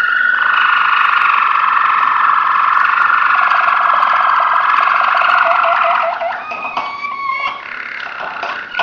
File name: waterslager songs